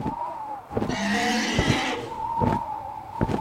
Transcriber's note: fx: blustery wind / dragon wings / breathing fire / dank cave